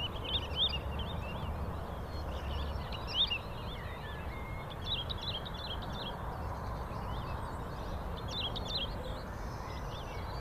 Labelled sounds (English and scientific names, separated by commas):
Wood Lark (Lullula arborea) flight song